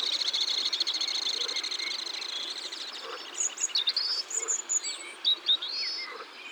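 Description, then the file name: Alpine swift calls: a shrill pulsed trill fades at the start, followed by scattered sharp high chirps over a steady background hiss. Recorded in Ardèche. "Martinet-A-Ventre-Blanc-Concerts-Naturels-De-l Ardeche"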